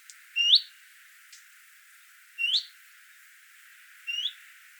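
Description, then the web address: Bird calling with three short upslurred whistles spaced about two seconds apart, each bright and brief, with a faint tick in between. Qatar. "qatar birds presentation extracts wwcall"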